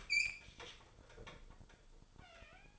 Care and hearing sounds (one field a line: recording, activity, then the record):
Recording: daily activity, microphone in the room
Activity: open fridge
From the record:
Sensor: 5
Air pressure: 1007.9 hPa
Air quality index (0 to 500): 92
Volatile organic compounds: 1 ppm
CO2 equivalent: 722 ppm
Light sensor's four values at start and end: 39/90/38/39 and 42/96/40/42